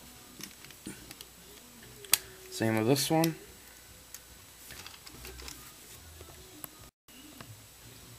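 A plastic leg section of a transforming action figure is folded down until it clicks into its locked position, repeating the step just done on the first part. Someone talks while soft handling taps and clicks sound throughout. A sharp, loud click at 2.1 s marks the part seating into place.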